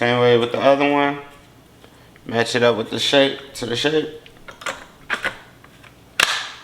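Someone talks while the second mop pad holder of a Samsung Jetbot Mop with dual spinning pads is lined up with the matching shape on the robot mop's underside and pressed onto the spinning hub. A few soft taps of handling follow, then a sharp click at 6.2 s as the holder seats on the hub, and it is done.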